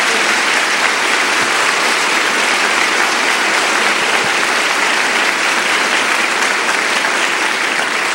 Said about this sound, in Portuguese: Estou vendo que está aplaudindo, aplaude mesmo.